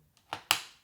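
A RAM stick is pressed into a DIMM slot on a Gigabyte Aorus Master motherboard: a faint tick at 0.2 s and a duller knock at 0.3 s come before the sharp, bright snap of the second retention clip shutting at 0.5 s. Both clips are now in, and the stick is seated.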